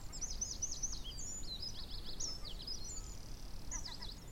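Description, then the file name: Eurasian wren giving fast, high, scratchy notes in a near-continuous run, with a few brief lower chips near the end, over steady low background noise. "Troglodytes troglodytes"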